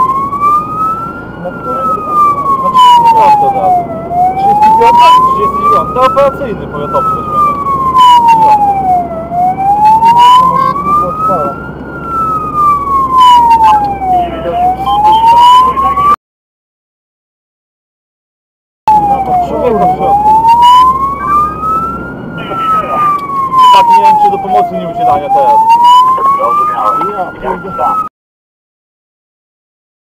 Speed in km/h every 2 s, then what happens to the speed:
58, 60, 63, 66, 66, 65, 62, 62, 63, 63, 62, 57, 50, 45, 43.
0-6 speeds up to 66. 6-20 steady at about 63. 20-30 slows to 43.